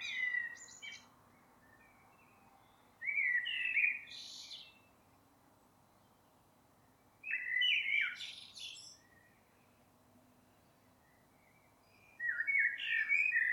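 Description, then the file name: Common blackbird song: four short warbled phrases of low flutey notes and shrill twitters, separated by quiet pauses. "Turdus merula"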